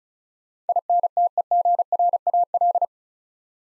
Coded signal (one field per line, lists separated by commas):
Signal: Morse code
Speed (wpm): 36 wpm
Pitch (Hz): 700 Hz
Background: none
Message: INTEGRAL